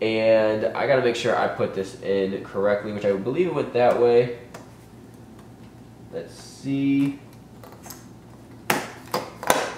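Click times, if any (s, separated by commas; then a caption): 8.7 s, 9.5 s. Someone talks while fitting the plastic memory access cover back into the rear housing of a 2017 iMac all-in-one desktop, followed by quiet fumbling and light plastic taps over several tries. Once it is lined up, the cover snaps in with sharp clicks at 8.7 s and 9.5 s and is seated.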